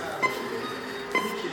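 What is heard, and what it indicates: Two steady high pulse-oximeter beeps about 0.9 s apart over room hum, in an operating room during surgery on a broken lower leg. The beeps give the heart rate and show whether the heartbeat is regular; this tone means blood oxygen is fully 100%, and a lower pitch would mean blood oxygen is falling.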